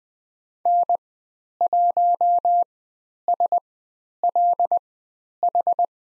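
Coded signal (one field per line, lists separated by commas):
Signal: Morse code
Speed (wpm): 20 wpm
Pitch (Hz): 700 Hz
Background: none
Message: N1SLH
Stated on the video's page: Morse code course lesson on letter C and call signs, Farnsworth speed 20/10 wpm.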